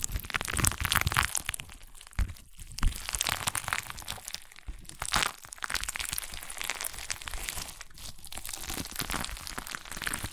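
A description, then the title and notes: Crunchy slime is squeezed and pressed, giving a dense run of crackling, crinkling pops that fill the whole ten seconds. The crackles are loudest in the first two seconds, then settle into a steadier, slightly softer crunching, with brief quiet gaps near 2.5 and 8 seconds. ASMR Satisfying Crunchy Slime (No Talking).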